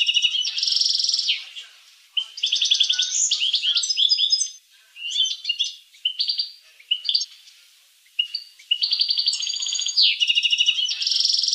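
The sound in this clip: Finch song, high rattling trills and twittering phrases in uneven bursts with short pauses, ending in a long dense trill.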